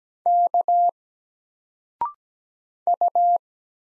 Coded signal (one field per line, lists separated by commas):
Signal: Morse code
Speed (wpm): 17 wpm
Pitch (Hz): 700 Hz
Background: none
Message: K U